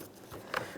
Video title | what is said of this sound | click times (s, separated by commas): How to Replace Headlight Assemblies 2011-2021 Jeep Grand Cherokee | Press it in, listen for a click. | 0.6 s